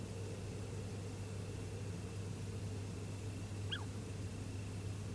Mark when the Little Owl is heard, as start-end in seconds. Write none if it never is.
3.69-3.84